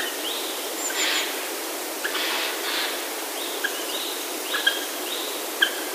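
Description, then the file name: Japanese green woodpecker calling in a run of repeated arched notes, with a few sharp clicks over steady background hiss. "aogera"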